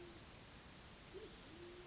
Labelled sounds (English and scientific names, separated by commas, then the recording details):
Band-tailed Pigeon (Patagioenas fasciata)
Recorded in Sonoma County, California